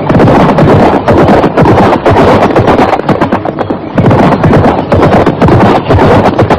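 Two horses gallop, chasing each other across a meadow near Mount Lejar on a cool morning, in a loud, continuous flurry of rapid hoofbeats, a dense drumming clatter that barely lets up for several seconds, with no voices.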